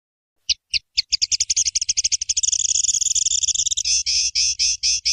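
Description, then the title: Streaked spiderhunter song: a few spaced high notes quickly speed up into a dense, buzzy trill, then break into broader, harsher notes, with a low hum beneath. Long, clear, vigorous singing; tutor song for training songbirds. "Pijantung Gunung Gacor Jernih Panjang"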